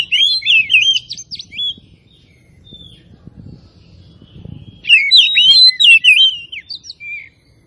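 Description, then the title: Oriental magpie-robin song in two lively bursts of looping, rapidly varied whistles, a quiet pause between them and low rumbling background. Tretes; described as gacor, in full, persistent song. "Kacer Tretes"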